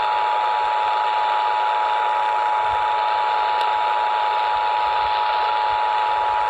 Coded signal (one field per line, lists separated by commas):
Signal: Emergency Alert System (SAME) tones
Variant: 853 and 960 Hz attention tone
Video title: ''THIS IS A DESTRUCTIVE STORM FOR COPPERAS COVE '' EAS alerts from 4-30-5-2